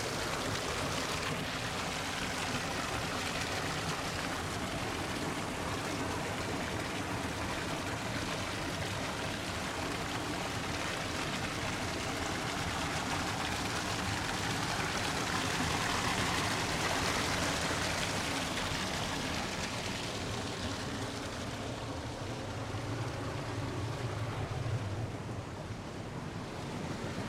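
Water rushes steadily through Cougar Canyon Creek, a dense, unbroken hiss and churn with low rumbling underneath, holding even throughout.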